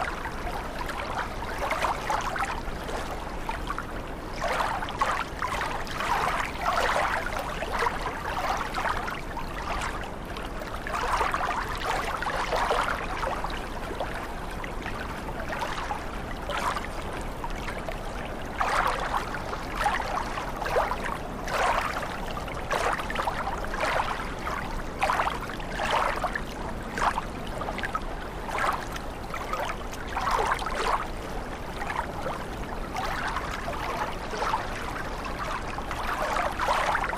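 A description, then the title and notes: Water runs and splashes steadily throughout, with a dense, restless churn of bright bursts that pulse irregularly every second or so. A low, continuous rumble underlies it, suggesting a stream or lapping water with no other distinct sounds. Water Sounds.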